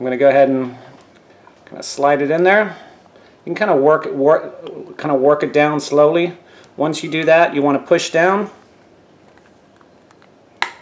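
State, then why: Seated. A DigiCue cue sensor module is slid and worked slowly down into its custom rubber housing, with the battery clip lined up with the notch, while someone talks. After the talking stops, it is pushed down and a loud, sharp click at 10.6 s marks it seating into place.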